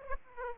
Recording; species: mosquito wingbeat signal from an infrared sensor; Aedes aegypti